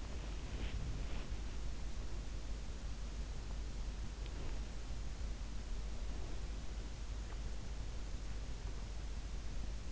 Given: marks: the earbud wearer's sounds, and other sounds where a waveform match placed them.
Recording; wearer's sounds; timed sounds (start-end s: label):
sounds in sleep by an in-ear microphone; body movement
0.00-1.39 s: body movement